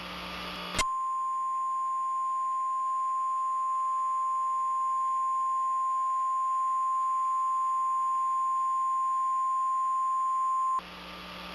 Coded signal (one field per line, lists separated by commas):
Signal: Emergency Alert System (SAME) tones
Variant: 1050 Hz attention tone